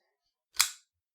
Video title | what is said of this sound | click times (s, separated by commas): Asher Knives Hole Spiro & Douglas - Unboxing & First Impressions - Ti Framelock Micarta | but the actual sensation as it locks up is just, | 0.6 s